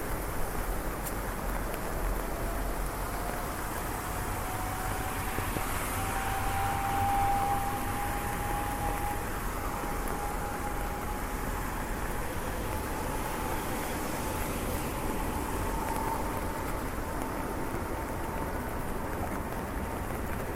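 Walking in the rain through streets in Switzerland: a steady, dense hiss of rain and wet traffic holds an even level throughout. A thin, high whine, like a passing vehicle or tram, glides slowly upward from about two seconds to the end.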